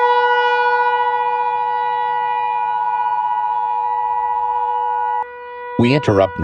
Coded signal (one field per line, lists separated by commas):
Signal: Emergency Alert System (SAME) tones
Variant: 853 and 960 Hz attention tone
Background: speech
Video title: my zombie EAS SCENARIO (WIP)